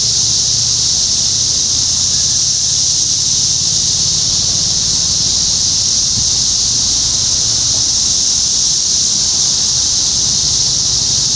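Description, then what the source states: Cicadas keep up a constant sizzling high drone, with a low hum running beneath it. Topeka, Kansas, 14 June 2015.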